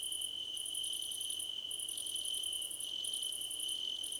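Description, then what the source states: Chorus of crickets. Bursts of fast, shrill pulsing alternate with short breaks, all over one unbroken high-pitched tone. Several crickets, described as a choir competition.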